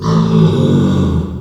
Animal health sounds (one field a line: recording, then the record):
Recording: squeal of a Yucatan mini pig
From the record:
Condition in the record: after surgery on the right vocal fold (resection and tissue-engineered implant)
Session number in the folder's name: 17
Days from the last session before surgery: 195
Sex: female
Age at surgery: 19 weeks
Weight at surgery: 25 kg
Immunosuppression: prednisolone